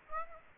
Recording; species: mosquito wingbeat signal from an infrared sensor; Aedes aegypti